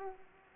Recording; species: mosquito wingbeat signal from an infrared sensor; Aedes aegypti